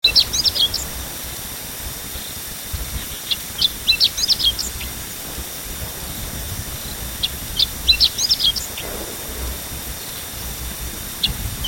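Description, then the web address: Chestnut-eared bunting giving short, high, twittering clusters of quick chipping notes, recurring every few seconds, over steady hiss. "chestnut eared bunting bird call"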